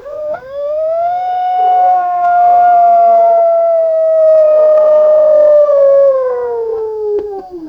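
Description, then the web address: Wolf howling: one long, smooth, tonal howl that rises briefly at the start, holds steady for several seconds, then slowly sinks in pitch before fading out. "wolves"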